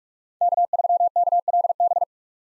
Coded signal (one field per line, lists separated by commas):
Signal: Morse code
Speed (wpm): 47 wpm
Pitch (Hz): 700 Hz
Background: none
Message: K3KLB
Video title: 2023 POTA Activator Call Signs - 45wpm